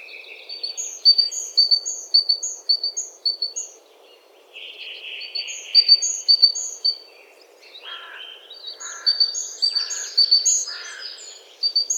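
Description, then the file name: Great tit calling in repeated bursts of thin high notes, broken by buzzy, rasping chatters, over a steady low background noise. "Parus major"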